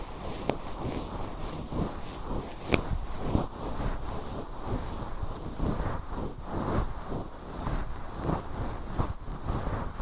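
Fluffy ear cleaning: a dense, steady rustling and brushing fills the low and middle range throughout. Soft strokes swell and fade every second or so, with a few sharp crackling ticks, the clearest just before the three-second mark.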